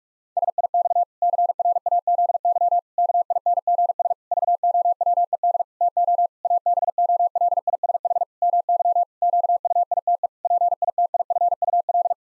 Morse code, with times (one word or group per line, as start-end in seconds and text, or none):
0.4-1.0 SIX
1.2-2.8 CRAZY
3.0-4.1 KINGS
4.3-5.6 VOWED
5.8-6.3 TO
6.4-8.2 ABOLISH
8.4-9.0 MY
9.2-10.3 QUITE
10.4-12.1 PITIFUL